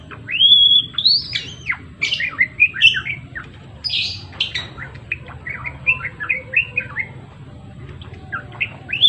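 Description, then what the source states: Java sparrow song of sharp chirps and clicking, tinkling notes, some sliding high whistles, delivered in bursts over a steady low hum. Indonesian name gelatik belong jawa; described as gacor, an actively singing bird.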